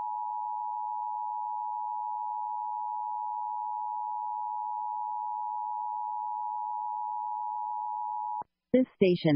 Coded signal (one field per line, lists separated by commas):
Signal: Emergency Alert System (SAME) tones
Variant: 853 and 960 Hz attention tone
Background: speech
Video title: EAS Required Monthly Test Illinois Statewide Test (January 2021) WMAY-AM +WeatherSTAR4000